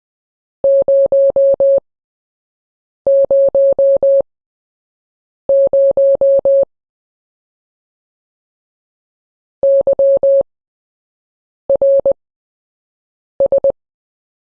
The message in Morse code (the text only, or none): 000 YRS